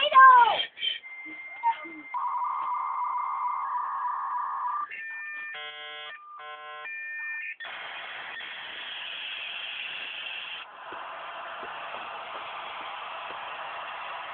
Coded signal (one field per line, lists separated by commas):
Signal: dial-up modem handshake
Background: speech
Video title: Dial-up On HP Laptop With Internal 56k Modem